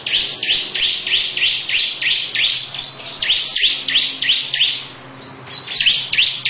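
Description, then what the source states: Lovebird song: a quick series of sharp falling chirps, with a brief pause before it resumes. Long ngekek song style.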